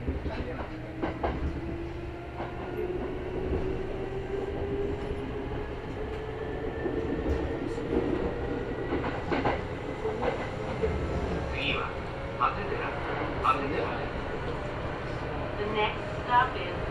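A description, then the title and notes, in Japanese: A Kintetsu Osaka Line express train runs from Nabari toward Yamato-Asakura, a steady low rumble of wheels and motor throughout. A tone slowly rises in pitch as the train gathers speed, with scattered clicks and squeaks and faint voices in the background. 近鉄大阪線 急行 名張→大和朝倉。平日のお昼時、そろそろ学生の乗り降りが始まりそうな時間帯です。名張から桜井までは各駅停車になるのでこまめに停車していきます。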